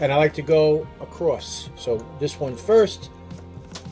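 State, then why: Seated. Over background music, someone talks while pressing the first of four CPU cooler push pins into its motherboard mounting hole, working in a diagonal pattern. A short, sharp click sounds at 3.8 s as the pin seats.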